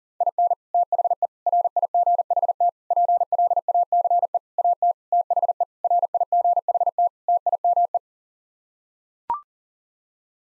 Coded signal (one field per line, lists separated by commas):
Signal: Morse code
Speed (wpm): 40 wpm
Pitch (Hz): 700 Hz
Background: none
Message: IN THE RIGHT PLACE AT THE RIGHT TIME